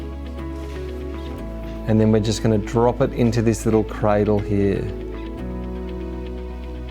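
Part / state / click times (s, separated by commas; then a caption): ink roller into labeller ink roller cradle / not seated / none. An ink roller for a Motex 2628 labeller is dropped into its plastic cradle and held in place, ready to be clipped in at the edges. Someone talks over steady background music, and the roller has not clicked into place yet.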